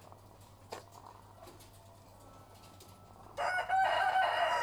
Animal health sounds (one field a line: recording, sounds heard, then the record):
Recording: poultry house recording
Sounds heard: sick chickens (respiratory disease)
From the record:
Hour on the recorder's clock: 13